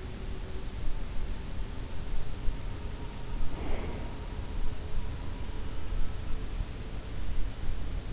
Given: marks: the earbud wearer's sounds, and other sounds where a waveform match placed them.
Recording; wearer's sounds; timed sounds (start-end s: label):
sounds in sleep by an in-ear microphone; breath
3.27-4.31 s: breath